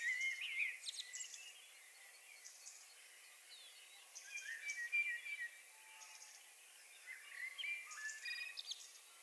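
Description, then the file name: Common blackbird with short warbled and whistled phrases in three bursts, separated by quieter gaps, over steady background noise. "Turdus merula"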